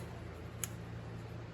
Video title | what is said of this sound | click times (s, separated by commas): HatField SAS 12 Gauge Shotgun - Review & Clean Up (3 years of use) | Now, like I said, you can hear these clicks. | 0.6 s